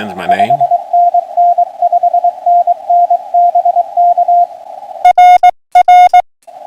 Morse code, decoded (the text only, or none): 5NN 5NN BK RR